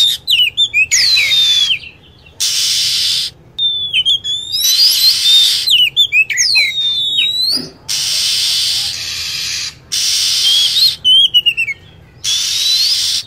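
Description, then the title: Lovebird calls: rapid, sharp, high chirps and descending whistled notes, some in tight clusters, with repeated blocks of steady hiss. Lure sound used to attract lovebirds. "PIKAT BURUNG LOVEBIRD"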